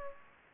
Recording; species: mosquito wingbeat signal from an infrared sensor; Aedes aegypti